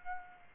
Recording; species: mosquito wingbeat signal from an infrared sensor; Aedes aegypti